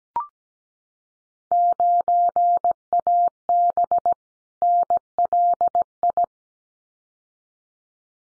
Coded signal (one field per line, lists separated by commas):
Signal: Morse code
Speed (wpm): 17 wpm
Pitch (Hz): 700 Hz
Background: none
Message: 9AB NLI